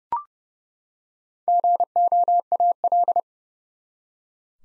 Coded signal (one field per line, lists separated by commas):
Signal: Morse code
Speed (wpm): 30 wpm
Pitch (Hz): 700 Hz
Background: none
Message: GOAL